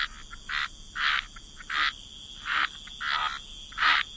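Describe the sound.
Frog chorus of rasping croaks, each burst lasting about a quarter second and repeating irregularly, over a constant high-pitched hum.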